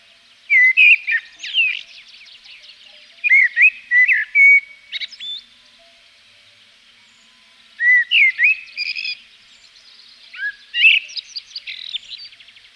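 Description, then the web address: Common blackbird song: four mellow whistled phrases separated by pauses, some ending in higher scratchy twitters. Blackbird recorded in Provence. "A természet hangjai. A provence-i feketerigó"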